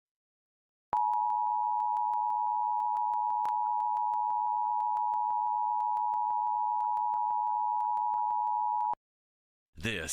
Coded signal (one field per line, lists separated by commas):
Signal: Emergency Alert System (SAME) tones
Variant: 853 and 960 Hz attention tone